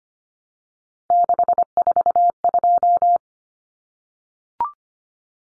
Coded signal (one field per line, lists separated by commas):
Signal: Morse code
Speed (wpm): 25 wpm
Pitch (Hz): 700 Hz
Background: none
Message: 642